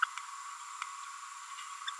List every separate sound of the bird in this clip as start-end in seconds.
0.02-0.04, 1.87-1.90